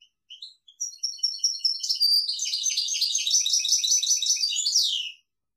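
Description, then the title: European goldfinch song: a few scattered high chirps open into a fast, continuous twittering run of bright metallic notes that ends in a downward slur. "Chant Chardonneret"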